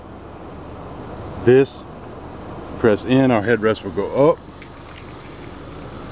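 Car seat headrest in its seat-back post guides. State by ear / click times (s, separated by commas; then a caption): not seated / none. Someone talks while pressing the release on a car's passenger seat headrest and raising it along its metal posts in the seat back, with a steady low background hum throughout. The headrest is being handled but has not seated or clicked into its locked position yet.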